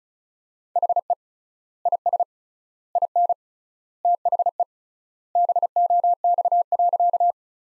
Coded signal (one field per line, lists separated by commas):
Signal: Morse code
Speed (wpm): 34 wpm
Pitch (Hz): 700 Hz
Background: none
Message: HE IS IN THE BOX.